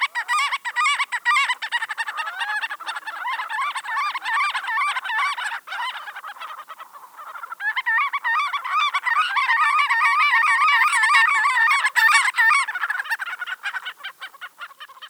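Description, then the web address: Marbled godwits calling: many overlapping, rapidly repeated nasal rising-and-falling notes in a continuous chorus that swells louder in the second half. "Water Birds Limosa fedoa"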